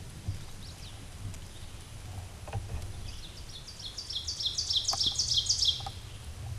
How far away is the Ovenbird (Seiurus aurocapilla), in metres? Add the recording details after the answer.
about 15 m. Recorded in a Pennsylvania forest on 17 May 2023 at 12:59. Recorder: AudioMoth, point grid1_30_low. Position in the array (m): 196 m, 65 m